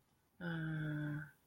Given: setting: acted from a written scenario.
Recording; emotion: vocal sound without words; confusion